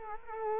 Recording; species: mosquito wingbeat signal from an infrared sensor; Culex quinquefasciatus